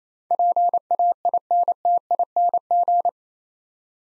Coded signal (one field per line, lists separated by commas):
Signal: Morse code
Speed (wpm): 28 wpm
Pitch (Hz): 700 Hz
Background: none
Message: PAINTING